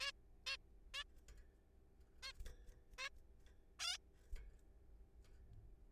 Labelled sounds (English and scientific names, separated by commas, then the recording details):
Zebra Finch (Taeniopygia guttata)
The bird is a juvenile
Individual R3428